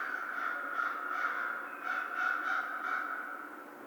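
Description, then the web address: American crow caws, harsh and nasal, delivered in a quick, pulsing series throughout the few seconds, with steady low background hum. Recorded on 2 March 2010. "Crow 2010 03 02 American Crow"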